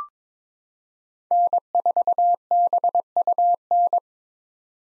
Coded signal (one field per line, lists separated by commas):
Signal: Morse code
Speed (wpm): 21 wpm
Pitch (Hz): 700 Hz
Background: none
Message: N4BUN